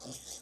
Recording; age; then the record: pig call; piglet (1 to 25 days)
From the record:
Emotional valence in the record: negative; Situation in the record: restrain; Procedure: sham castration, cut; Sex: male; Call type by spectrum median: high-frequency call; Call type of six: high-frequency stable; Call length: 0.41 s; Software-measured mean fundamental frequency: 288 Hz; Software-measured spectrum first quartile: 898 Hz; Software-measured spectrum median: 4419 Hz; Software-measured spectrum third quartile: 6727 Hz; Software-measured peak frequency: 253 Hz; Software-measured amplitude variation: 103 dB a second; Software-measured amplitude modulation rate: 20.6 a second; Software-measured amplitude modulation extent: 5.0 dB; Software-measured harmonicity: 1.1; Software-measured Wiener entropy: -1.69